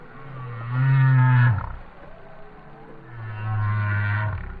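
Whale song of two deep, droning harmonic moans.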